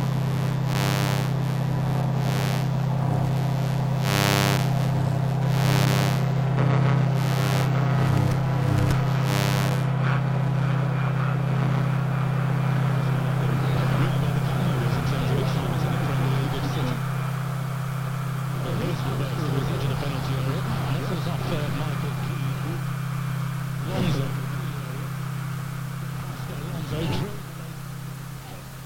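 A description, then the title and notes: Electromagnetic fields from a modem, server, gas boiler and lights give a steady low hum, with rapid buzzing clicks early on, then warbling chirps. I took a Soma Ether and scanned the em fields of my modem, server, gas boiler and light fittings. The output was then fed through Beads, Clouds and Wires .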